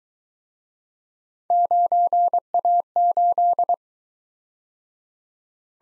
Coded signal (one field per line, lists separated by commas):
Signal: Morse code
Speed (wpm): 22 wpm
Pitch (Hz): 700 Hz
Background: none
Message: 9A8